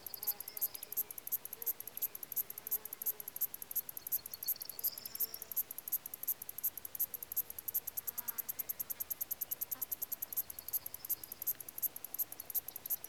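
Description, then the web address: Crickets giving rapid, regular high-pitched pulses throughout, with a few faint whines now and then. Crickets and other insects recorded in Lassi, Greece. "BBC Sound Effects Library BBC 32-Greece 15 Crickets And Other Insects, Lassi"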